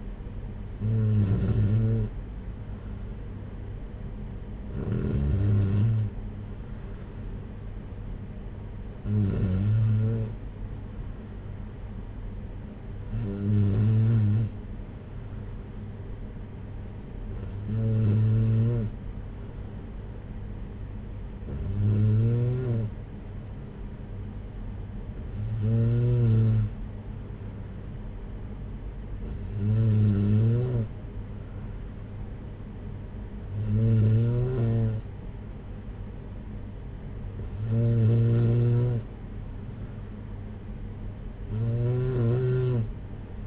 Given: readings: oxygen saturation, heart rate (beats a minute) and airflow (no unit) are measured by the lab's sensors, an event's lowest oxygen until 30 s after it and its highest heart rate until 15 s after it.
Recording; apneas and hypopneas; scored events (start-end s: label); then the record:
breathing in sleep by a smartphone at the bedside; none
none scored
From the record:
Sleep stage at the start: N2 (light sleep); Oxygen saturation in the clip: 94%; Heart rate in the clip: 57 to 63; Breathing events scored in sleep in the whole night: 226 in 8.8 hours asleep